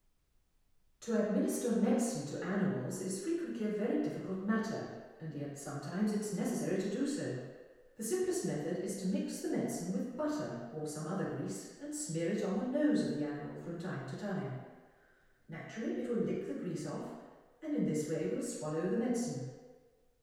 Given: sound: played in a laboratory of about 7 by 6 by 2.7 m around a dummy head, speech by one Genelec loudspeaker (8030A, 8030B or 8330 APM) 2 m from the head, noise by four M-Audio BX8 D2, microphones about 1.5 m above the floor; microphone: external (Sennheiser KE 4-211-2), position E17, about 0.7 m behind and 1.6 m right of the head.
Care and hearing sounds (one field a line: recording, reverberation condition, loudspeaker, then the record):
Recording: female speech in English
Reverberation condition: high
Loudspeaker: 120 degrees to the left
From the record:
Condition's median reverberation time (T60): about 1300 ms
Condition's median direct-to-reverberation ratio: about -4.0 dB